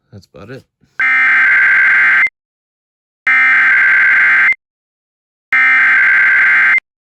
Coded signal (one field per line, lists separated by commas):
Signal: Emergency Alert System (SAME) tones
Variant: header bursts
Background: speech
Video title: SVR GALORE XIV: EXTREME NORTHERN PLAINS ACTION... EAS Alerts from 6/15-16/24 (EAS #4,331 - 4,369)